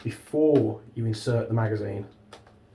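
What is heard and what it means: Someone talks while a metal magazine is handled at the magazine well of a KWA KZ61 compact gas blowback airsoft SMG replica, with the magazine release meant to be held in before insertion. Two short, faint taps occur near 2.3 s and 2.5 s. The magazine has not yet seated or clicked into place.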